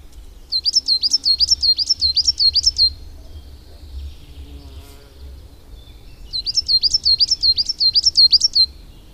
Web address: agykontroll Madardalok Cd 1. Fenyves cinege